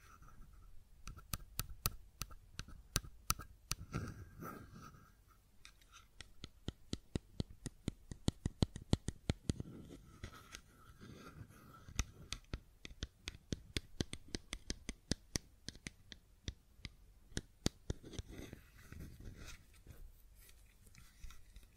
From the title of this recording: Fidget Cube Tapping and Clicking Sounds